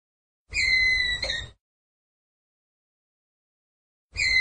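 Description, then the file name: Ground squirrel giving one sustained, whistled call with a short break near its end, then silence before the next call begins. "Tieng soc dat keu"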